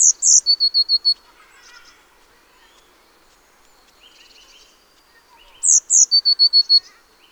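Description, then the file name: Eurasian blue tit delivering two phrases of high thin notes ending in quick lower trills, separated by several seconds of faint twittering. "Cyanistes caeruleus"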